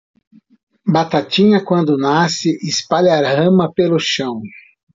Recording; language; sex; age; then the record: short text; Brazilian Portuguese; male; 50 to 59 years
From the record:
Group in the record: control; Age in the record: 53 years